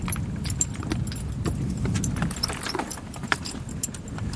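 A horse walks along with hooves clip-clopping in an uneven rhythm, sharp clicks and knocks rising over a steady low rumble, with no one speaking.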